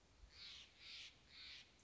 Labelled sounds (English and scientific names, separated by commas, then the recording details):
Steller's Jay (Cyanocitta stelleri)
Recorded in Sonoma County, California